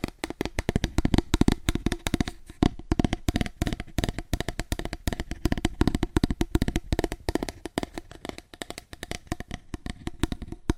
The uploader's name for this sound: ASMR Fast Aggressive Cardboard Tapping